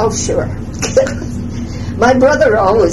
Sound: laughs

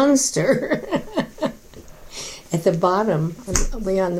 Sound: laughter

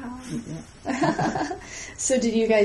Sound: laughs

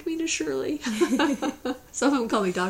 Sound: laughs

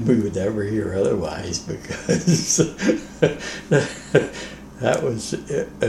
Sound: laughs

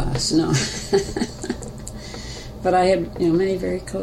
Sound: laughter

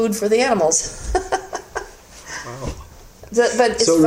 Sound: laughter

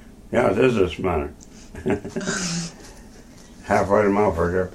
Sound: laughter

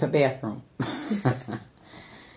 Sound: laughs

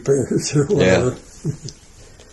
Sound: laughing

